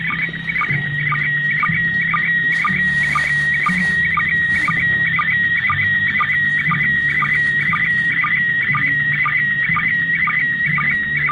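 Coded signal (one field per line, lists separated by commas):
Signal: SSTV (slow-scan television)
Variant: PD 120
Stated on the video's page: SSTV image received from the ISS on 145.800 MHz.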